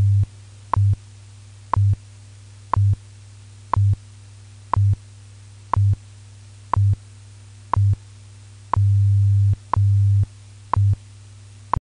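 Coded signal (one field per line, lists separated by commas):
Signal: radio time signal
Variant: WWV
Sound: about 12 short clicks, one per second, over a continuous low hum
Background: radio static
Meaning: Each tick marks one second of the time broadcast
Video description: WWV announcement recorded 11 May 2024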